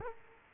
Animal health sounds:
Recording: mosquito wingbeat signal from an infrared sensor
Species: Culex quinquefasciatus

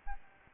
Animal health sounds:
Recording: mosquito wingbeat signal from an infrared sensor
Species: Aedes albopictus

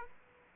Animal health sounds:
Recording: mosquito wingbeat signal from an infrared sensor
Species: Aedes aegypti

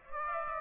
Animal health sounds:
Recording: mosquito wingbeat signal from an infrared sensor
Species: Aedes aegypti

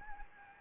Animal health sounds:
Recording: mosquito wingbeat signal from an infrared sensor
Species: Anopheles gambiae

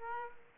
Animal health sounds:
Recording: mosquito wingbeat signal from an infrared sensor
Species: Aedes aegypti

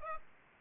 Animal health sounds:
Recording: mosquito wingbeat signal from an infrared sensor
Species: Aedes albopictus

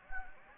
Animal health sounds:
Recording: mosquito wingbeat signal from an infrared sensor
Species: Anopheles gambiae

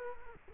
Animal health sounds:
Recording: mosquito wingbeat signal from an infrared sensor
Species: Culex quinquefasciatus

